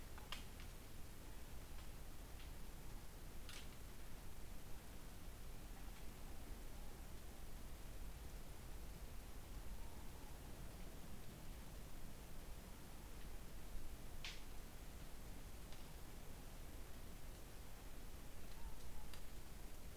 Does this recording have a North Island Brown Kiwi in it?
no